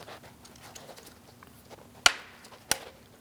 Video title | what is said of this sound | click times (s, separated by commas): How to Replace Upper Mirror Glass 2015-2025 Ford Transit 250 | Audible click. | 2.1 s, 2.7 s